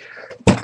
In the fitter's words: once you hear the snapping sounds that's good that means the screen is coming off